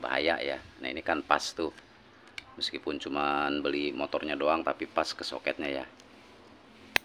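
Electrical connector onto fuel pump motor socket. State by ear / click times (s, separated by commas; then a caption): seated / 7.0 s. Someone talks while a wiring plug is pushed onto the socket of a new fuel pump motor for an Avanza, where only the motor was bought but it still fits the socket. After a short pause, one sharp click is heard at 7.0 s as the electrical connector seats.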